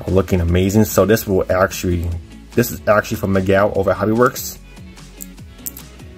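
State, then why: Seated. Someone talks over background music, then a sanded and smoothed resin or plastic grille is pressed into the front of a 1:25 scale 1932 Ford chopped sedan model car body. A few small, sharp ticks come through after the speech, with the grille clicking into place at 5.7 s, seated firmly.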